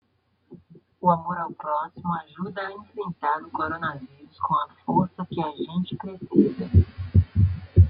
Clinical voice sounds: spoken sentence; Brazilian Portuguese; male; 20 to 29 years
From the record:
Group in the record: control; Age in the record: 23 years

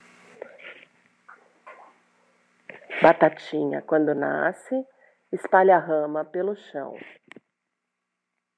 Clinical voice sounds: short text; Brazilian Portuguese; female; 50 to 59 years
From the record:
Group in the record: control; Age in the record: 55 years

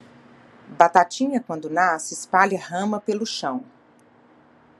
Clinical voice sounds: short text; Brazilian Portuguese; female; 40 to 49 years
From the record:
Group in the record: control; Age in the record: 48 years

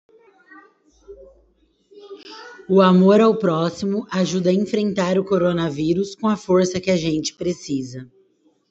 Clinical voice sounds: spoken sentence; Brazilian Portuguese; female; 30 to 39 years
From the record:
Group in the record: control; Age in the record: 31 years

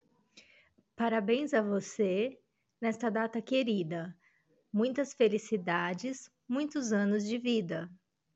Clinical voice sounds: short text; Brazilian Portuguese; female; 40 to 49 years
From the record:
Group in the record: control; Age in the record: 41 years

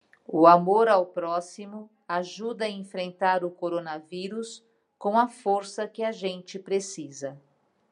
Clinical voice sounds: spoken sentence; Brazilian Portuguese; female; 50 to 59 years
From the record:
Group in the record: control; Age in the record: 58 years

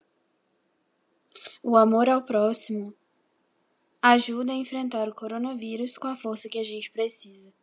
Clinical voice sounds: spoken sentence; Brazilian Portuguese; female; 20 to 29 years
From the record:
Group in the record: control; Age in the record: 21 years

